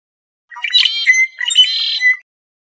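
Red-winged blackbird song: a harsh, gurgling opening followed by a buzzy, rattling trill, one phrase about one and three-quarter seconds long, with no other sounds.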